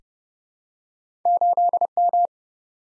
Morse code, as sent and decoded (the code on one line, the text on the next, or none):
---.. --
8M